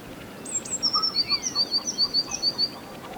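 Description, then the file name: Eurasian blue tit call: thin high introductory notes leading into a rapid, even series of sharp notes, with softer lower notes beneath. "Cyanistes caeruleus"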